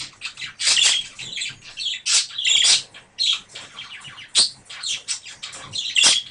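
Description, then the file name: Budgerigar chatter: dense, scratchy, high squawks and chirps tumbling over one another in uneven bursts, with a few louder screechy notes standing out. A pair of budgerigars. "suara pasangan parkit. omkicau"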